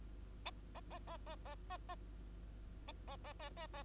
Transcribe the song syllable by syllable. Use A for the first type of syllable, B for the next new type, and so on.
A A A A A A A A A A A A A A